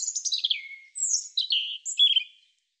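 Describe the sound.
European robin singing a sweet, liquid phrase: high notes cascading downward, then separate whistled fragments jumping up and down in pitch over under three seconds.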